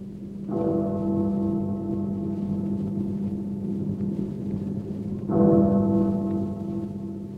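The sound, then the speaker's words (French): A deep clock bell strikes midnight under the rain-heavy sky of England, two slow, resonant tolls several seconds apart, each ringing out and lingering, over a steady hiss of falling rain. “Minuit sonne dans le ciel d'Angleterre tout alourdi de pluie.”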